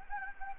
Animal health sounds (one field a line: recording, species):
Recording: mosquito wingbeat signal from an infrared sensor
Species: Anopheles gambiae